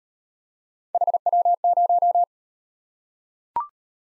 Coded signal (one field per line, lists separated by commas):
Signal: Morse code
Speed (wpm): 38 wpm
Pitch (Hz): 700 Hz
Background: none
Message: HW0